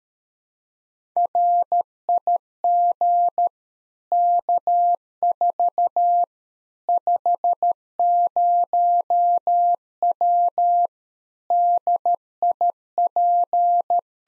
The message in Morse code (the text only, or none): RIG K4 50W DIP